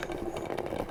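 A quartz clock mechanism is handled and pressed toward a 3D-printed plastic clock housing, whose side holes are meant to catch on the mechanism's side tabs. Under a steady background rumble there are faint rattling, clattering contact sounds. Nothing has snapped or seated yet.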